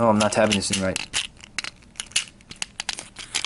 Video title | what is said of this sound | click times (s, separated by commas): 12th Review! "Transformers Generations: Power of the Primes" Leader Class Optimus Prime!! | There you go. There's a small click right there. | 2.6 s